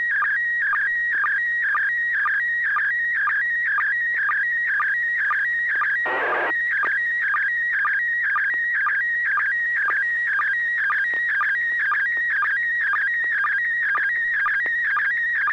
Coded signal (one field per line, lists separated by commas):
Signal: SSTV (slow-scan television)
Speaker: we'll go ahead and roll with bob and six pg q go right ahead